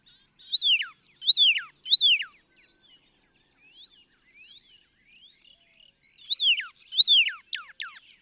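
Northern cardinal song of ringing whistles, each sliding sharply downward, given three times, then a pause with faint twitters, then a few more.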